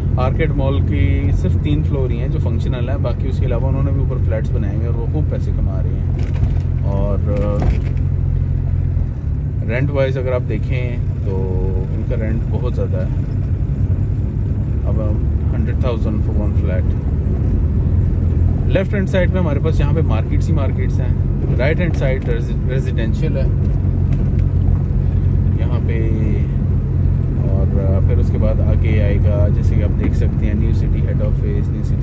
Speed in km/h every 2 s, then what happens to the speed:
19, 15, 10, 7, 8, 10, 13, 16, 19, 20, 20, 20, 20, 20, 19, 14.
0-6 slows to 7. 6-18 speeds up to 20. 18-29 steady at about 20.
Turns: none.